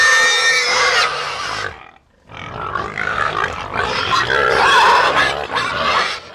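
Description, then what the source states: Pigs screaming in loud, harsh, overlapping squeals that break off briefly near two seconds, then surge back as a dense, continuous chorus. A herd of pigs screaming.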